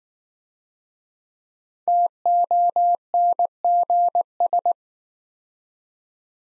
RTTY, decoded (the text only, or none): none